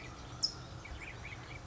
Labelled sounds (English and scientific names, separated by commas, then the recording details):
California Towhee (Melozone crissalis)
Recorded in Sonoma County, California